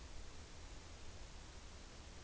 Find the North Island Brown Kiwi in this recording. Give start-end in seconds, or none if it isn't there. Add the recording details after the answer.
none. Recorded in New Zealand on 6 June 2014. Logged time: 02:19